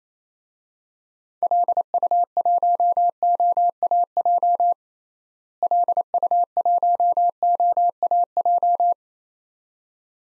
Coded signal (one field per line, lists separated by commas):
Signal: Morse code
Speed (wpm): 28 wpm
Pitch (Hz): 700 Hz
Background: none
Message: LU1OAJ LU1OAJ